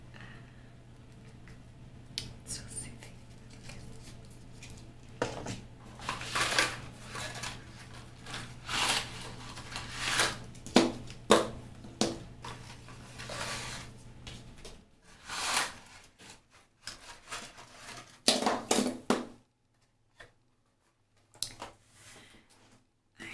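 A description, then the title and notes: Sharp taps and bright scratchy bursts, like a match strike and light knocks on glass, come irregularly, busiest from about five to twelve seconds and again near fifteen and nineteen. A low steady hum sits underneath until about fourteen seconds, and the ending is nearly silent. Match Lighting Extinguishing. Tapping. Glass Sounds. Candles.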